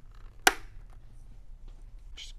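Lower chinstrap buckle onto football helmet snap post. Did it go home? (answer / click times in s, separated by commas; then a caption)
yes / 0.5 s. The bottom buckle of a SportStar chinstrap is adjusted and then pressed onto the lower snap post of a Xenith football helmet. It seats with a single sharp snap at 0.5 s, followed by quiet low handling noise and a brief soft rustle near the end.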